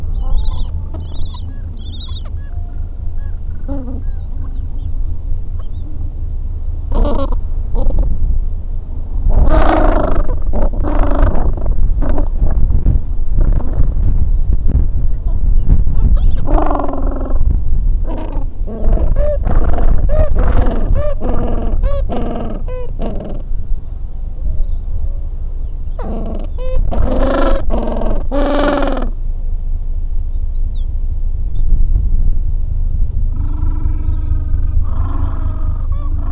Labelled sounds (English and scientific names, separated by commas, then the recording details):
Gentoo Penguin (Pygoscelis papua)
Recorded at the colony at Godthul, on 25 December 2014
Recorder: Song Meter SM2+